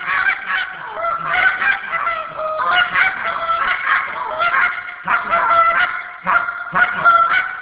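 Goose honking: loud, nasal, brassy honks repeated in quick overlapping bursts, with brief pauses between groups of calls.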